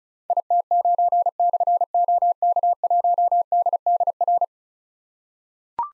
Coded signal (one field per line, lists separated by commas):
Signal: Morse code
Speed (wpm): 36 wpm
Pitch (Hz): 700 Hz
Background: none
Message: IT9/OK1DDR